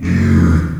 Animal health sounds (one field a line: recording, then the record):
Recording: squeal of a Yucatan mini pig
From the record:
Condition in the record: after surgery on the right vocal fold (resection and tissue-engineered implant)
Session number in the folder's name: 12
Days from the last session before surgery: 105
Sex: female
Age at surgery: 19 weeks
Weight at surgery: 25 kg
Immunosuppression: prednisolone